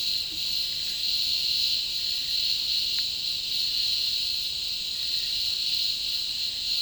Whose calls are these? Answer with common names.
none